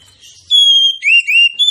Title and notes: Kacer Langsung Tarung Konslet KACER NGOTOT FULL TEMBAKAN. Kicau Kacer santaiterapi Kacer males bunyi. Kacer 1